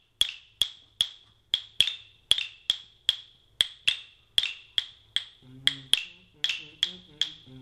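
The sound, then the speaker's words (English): A steady, rhythmic pattern of sharp hand claps, the hand clap pattern used in Ghana highlife music and dance, repeats at a brisk pace, about eighteen crisp hits, with a low pitched humming tone joining underneath during the last couple of seconds. “So most of the Ghana high life music, you can also hear this. Because our hand clap is.”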